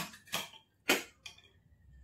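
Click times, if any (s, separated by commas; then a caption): none. A new steel pressure cooker's lid is lined up with the gas cut on the cooker body and turned toward its locked position. Three sharp metal ticks sound at about 0.3, 0.9 and 1.3 seconds. The clip ends before the lid locks, so nothing has seated yet.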